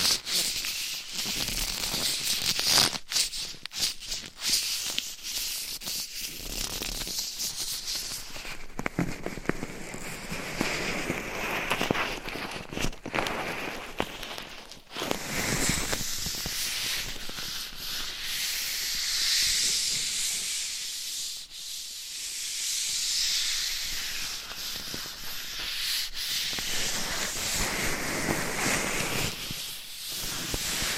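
Gloved hands and fingernails scratch and rub across a microphone, producing a dense, bright, raspy texture that shifts in tone throughout. Sharp taps break through as sudden clicks, clustered around the third, ninth to fifteenth, and thirtieth seconds, with a softer, smoother stretch near twenty-two seconds.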